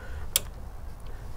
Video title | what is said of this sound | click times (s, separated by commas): VIQUA S8Q-PA UV Water Filter Bulb Replacement And Glass Sleeve Cleaning | it in you'll hear it click and | 0.4 s